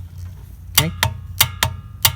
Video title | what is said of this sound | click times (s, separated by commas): How-to Change a Tire! Simple and Easy! Full Tutorial! | click click you don't want to keep pulling right you can click it all day long but you don't want to keep pulling | 0.8 s, 1.0 s, 1.4 s, 1.6 s, 2.0 s